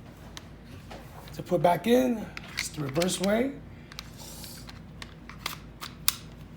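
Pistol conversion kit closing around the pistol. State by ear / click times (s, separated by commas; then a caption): seated / 6.1 s. A Taurus G2C 9mm pistol is reassembled into a CAA Micro Conversion Kit (MCK) in reverse order while someone talks, with a few faint ticks along the way. The kit snaps shut around the pistol with a sharp, loud click at 6.1 s, and it is seated.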